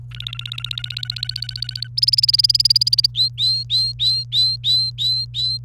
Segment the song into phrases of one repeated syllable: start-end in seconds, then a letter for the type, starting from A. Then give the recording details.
0.11-1.87 A, 1.97-3.06 B, 3.15-5.58 C. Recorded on 28 April 2018 at 09:56. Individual llb3